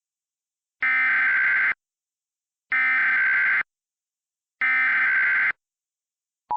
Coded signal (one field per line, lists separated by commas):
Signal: Emergency Alert System (SAME) tones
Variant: header bursts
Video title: EAS Scenario #10: Money Value = 0